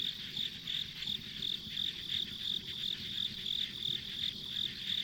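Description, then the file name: High-pitched insect chirps repeating in a steady beat, around three per second, over an unbroken background hum of other insects. Ambient insect sounds on a country road. "田舎道の虫の環境音"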